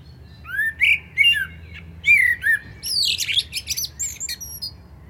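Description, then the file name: Common blackbird song: low fluting whistled phrases around the start, then higher squeaky twittering notes and thin whistles toward the end. "Turdus merula"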